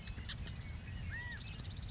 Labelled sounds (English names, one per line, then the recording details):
California Quail
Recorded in Sonoma County, California